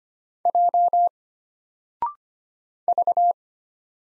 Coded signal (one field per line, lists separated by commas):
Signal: Morse code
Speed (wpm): 25 wpm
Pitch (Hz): 700 Hz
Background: none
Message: J V